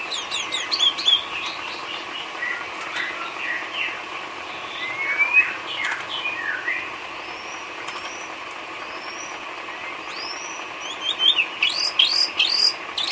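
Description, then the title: Bird: bird song of soft twitters and thin downward-sweeping whistles, with a lively burst of high chirps near the end. Complete masteran set of bird chirping, used to train birds. "Kicau Burung Masteran Lengkap"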